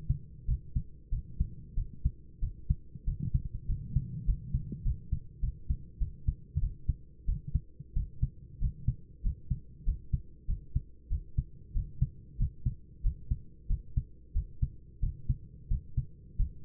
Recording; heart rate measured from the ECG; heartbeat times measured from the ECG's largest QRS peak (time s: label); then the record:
heart sounds by stethoscope; 94 bpm
0.46 s: heartbeat
1.10 s: heartbeat
1.75 s: heartbeat
2.41 s: heartbeat
3.05 s: heartbeat
3.67 s: heartbeat
4.26 s: heartbeat
4.84 s: heartbeat
5.41 s: heartbeat
5.99 s: heartbeat
6.60 s: heartbeat
7.26 s: heartbeat
7.94 s: heartbeat
8.60 s: heartbeat
9.23 s: heartbeat
9.85 s: heartbeat
10.47 s: heartbeat
11.09 s: heartbeat
11.73 s: heartbeat
12.38 s: heartbeat
13.02 s: heartbeat
13.68 s: heartbeat
14.33 s: heartbeat
15.01 s: heartbeat
15.69 s: heartbeat
16.37 s: heartbeat
From the record:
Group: healthy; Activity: cold pressor test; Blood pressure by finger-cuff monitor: 139/73 mmHg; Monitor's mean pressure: 91 mmHg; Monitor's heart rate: 94 bpm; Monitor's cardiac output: 9.9 L/min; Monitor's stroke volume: 104 mL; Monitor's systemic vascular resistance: 680 dyn s/cm5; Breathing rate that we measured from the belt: 15 breaths a minute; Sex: male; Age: 24 years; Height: 184 cm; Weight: 89 kg